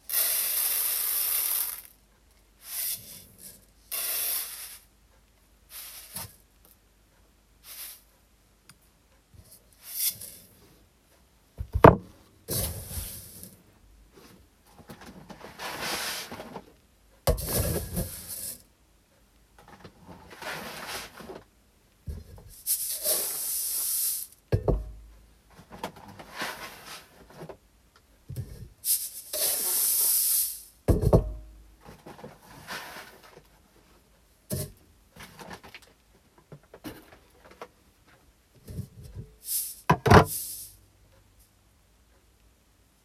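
Brown rice being checked by hand after sorting, heard as short bursts of hissing, rustling grain, one every second or two, irregular in length and loudness. A few sharper knocks stand out, near twelve and forty seconds, with near silence between bursts.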